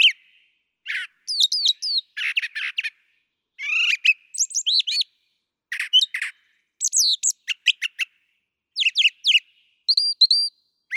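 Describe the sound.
Brown thrasher pouring out a rich song of crisp chirps and rising and falling whistles, phrases frequently doubled, with short pauses and a clear whistled pair near the end.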